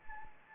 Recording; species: mosquito wingbeat signal from an infrared sensor; Anopheles gambiae